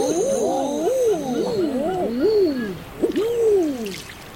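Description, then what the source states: Common Eider cooing calls, several birds giving low, rising-then-falling moaning notes that overlap one another continuously. Call compared to someone enjoying a fireworks display.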